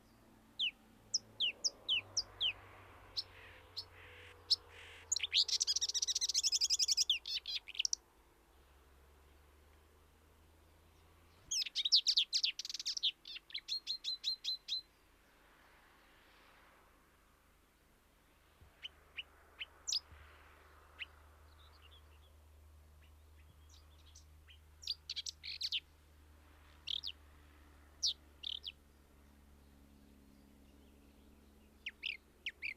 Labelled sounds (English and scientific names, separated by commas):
Marsh Warbler (Acrocephalus palustris) song